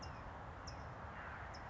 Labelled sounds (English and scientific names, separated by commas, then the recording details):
California Towhee (Melozone crissalis)
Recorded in Sonoma County, California